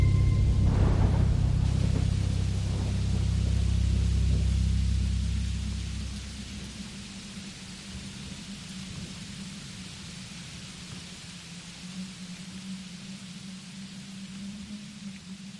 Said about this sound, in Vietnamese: Ở bên ngoài, trời bắt đầu đổ cơn mưa. Mưa lúc đầu chỉ lác đác, về sau to dần, rồi ầm ầm như trút nước từ đêm cho tới sáng.